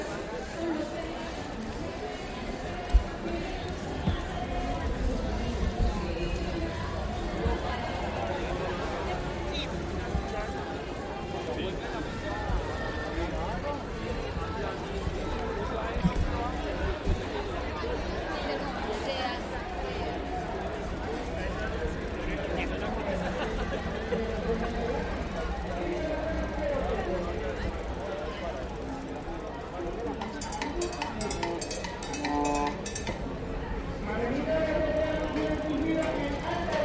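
A bicycle ride through central Bogotá, with a steady, dense wash of street noise and voices talking throughout. Low traffic rumble stays constant, a sharp knock lands near the third second, and bursts of brighter clattering and ticking appear around thirty seconds in.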